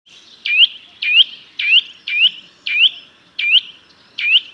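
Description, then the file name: Eurasian nuthatch giving a steady series of seven emphatic upslurred 'twit' calls. "Sitta europaea"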